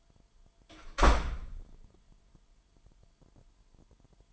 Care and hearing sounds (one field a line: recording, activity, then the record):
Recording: daily activity, microphone in the room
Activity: close door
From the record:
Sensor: 5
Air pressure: 998.5 hPa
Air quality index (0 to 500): 82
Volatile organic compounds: 1 ppm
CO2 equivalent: 928 ppm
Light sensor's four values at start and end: 31/76/31/35 and 31/76/31/35